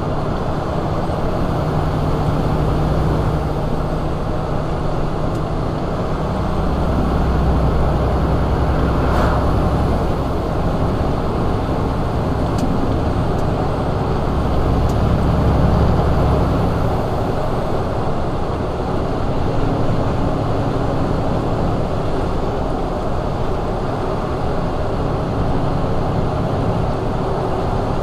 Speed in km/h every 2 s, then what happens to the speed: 60, 63, 63, 63, 66, 69, 69, 71, 71, 69, 68, 71, 71, 71.
0-10 speeds up to 69. 10-28 steady at about 71.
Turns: none.